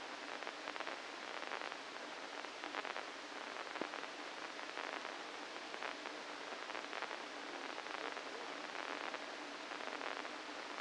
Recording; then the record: brain microelectrode recording played as sound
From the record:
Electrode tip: inside the subthalamic nucleus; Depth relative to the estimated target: -2 mm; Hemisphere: right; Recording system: NeuroSet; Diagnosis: Parkinson's disease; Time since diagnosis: 8 years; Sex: male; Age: 65 years